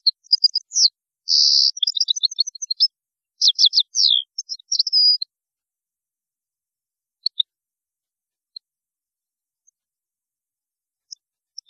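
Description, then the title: European goldfinch singing bright, tumbling twitters with a buzzy burst and quick descending slurs for about five seconds, then only scattered single high notes. "Chant Chardonneret"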